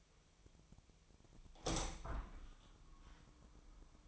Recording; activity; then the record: daily activity, microphone in the room; open window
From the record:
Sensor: 1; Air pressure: 1004.6 hPa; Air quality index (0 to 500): 106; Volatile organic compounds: 3 ppm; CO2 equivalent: 1451 ppm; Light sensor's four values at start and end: 8/20/8/8 and 8/20/8/9